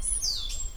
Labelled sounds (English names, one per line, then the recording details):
Stitchbird song
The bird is a male
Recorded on Tiritiri Matangi Island, New Zealand, in 2005
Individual 7, of nest box 9